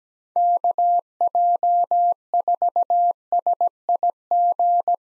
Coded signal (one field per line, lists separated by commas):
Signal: Morse code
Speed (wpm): 17 wpm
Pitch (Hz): 700 Hz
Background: none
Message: KJ4SIG